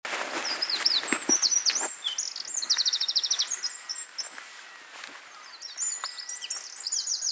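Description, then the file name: Eurasian wren song: loud, very high, hurried phrases with a dry buzzy rattle midway, then more sharp trilled notes after a short gap. "Troglodytes troglodytes"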